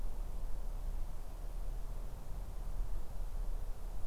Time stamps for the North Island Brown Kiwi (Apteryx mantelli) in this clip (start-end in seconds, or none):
none